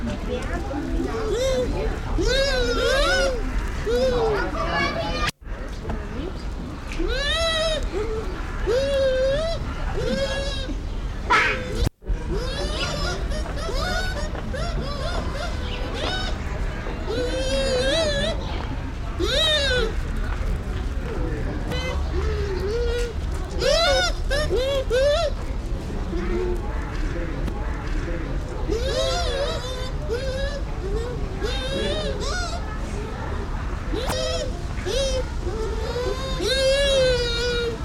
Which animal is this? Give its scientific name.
Speothos venaticus